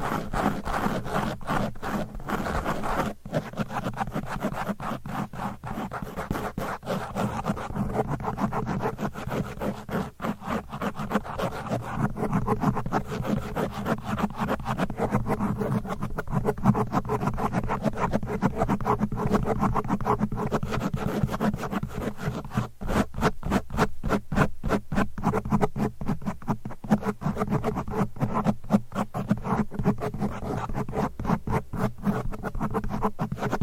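Fast, aggressive scratching on a microphone, a dense rough rasp with rapid bursts and brief dropouts, low rumble running steadily throughout.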